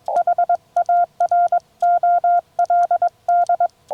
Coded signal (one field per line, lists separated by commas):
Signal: Morse code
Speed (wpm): 21 wpm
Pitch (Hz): 690 Hz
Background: none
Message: HAROLD